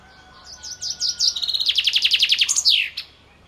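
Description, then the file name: Common chaffinch song: a cascading series of high, quick notes that tightens into a rolling trill and ends in a falling flourish. "Fringilla coelebs"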